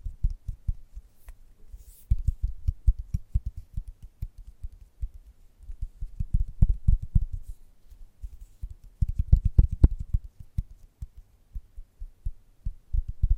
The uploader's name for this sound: ASMR Gentle Tapping